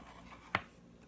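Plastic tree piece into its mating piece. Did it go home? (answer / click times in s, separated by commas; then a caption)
yes / 0.5 s. Two plastic pieces of a decorative Christmas-tree figure from a Pokémon 2020 advent calendar are fitted together, the tree piece pushed onto its mating piece. A single sharp tap is heard at 0.6 s as the part goes on, and the pieces are seated.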